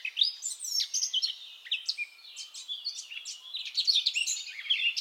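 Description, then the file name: Eurasian blackcap, a busy scratchy warble of mixed chirps, trills and quick whistled notes, running continuously and growing denser toward the end. "Sylvia atricapilla"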